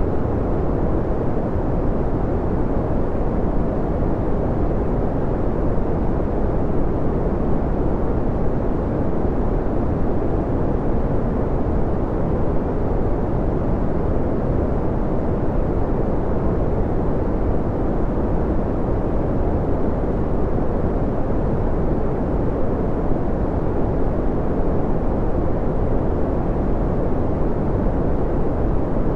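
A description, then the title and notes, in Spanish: Steady brown noise, a deep, dense rumble concentrated in the lows and low mids, with the top end rolled off so little hiss comes through. It holds completely even for the whole half minute, with no events, changes or other sounds. El Ruido Marrón Más Suave.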